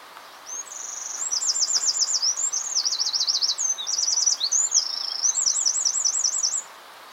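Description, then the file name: Eurasian wren giving a vigorous, very high song of fast trills and sharp rattles strung together in varied phrases for about six seconds. "Troglodytes troglodytes"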